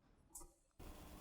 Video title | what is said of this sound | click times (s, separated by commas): Opticon OPH-1005 Battery Replacement Guide | Then press the bottom of the cover until it clicks. | 0.4 s